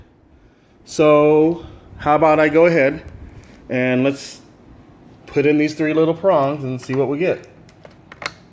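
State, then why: Seated. A three-prong wiring harness connector is pushed onto the header of a replacement power supply board in a Samsung PN64E8000 65-inch plasma TV being repaired for a bad power supply. Someone talks, then a few small plastic ticks lead to a sharp click at 8.3 s as the connector clips in and seats.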